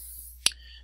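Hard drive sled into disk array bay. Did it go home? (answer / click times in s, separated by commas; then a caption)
yes / 0.5 s. A hard drive in its sled is slid back into a disk-array bay until the red release button latches. A single sharp click sounds at 0.5 s, ringing briefly in the upper frequencies over a steady low hum, and the drive is seated.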